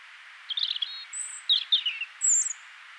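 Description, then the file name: European robin song in a brief burst of sparkling, twittering notes, a high thin whistle, then tumbling descending notes and another high squeaky note, with hiss behind. "Erithacus rubecula"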